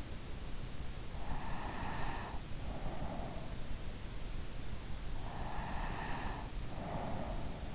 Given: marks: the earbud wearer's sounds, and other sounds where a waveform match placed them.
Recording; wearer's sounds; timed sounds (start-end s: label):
sounds in sleep by an in-ear microphone; breath
1.19-3.63 s: breath
5.43-7.75 s: breath